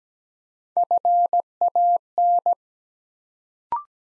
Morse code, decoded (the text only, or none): FAN